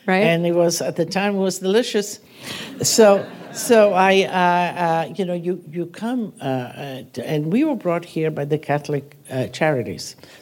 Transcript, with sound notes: And it was - at the time, it was delicious.
(LAUGHTER)
So I - you know, you come - and we were brought here by the Catholic charities,